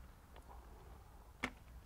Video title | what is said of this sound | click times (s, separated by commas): Phastek Performance/Mishimoto 6th Gen Cold Air Intake Install | that tab and it pops right out now | 1.4 s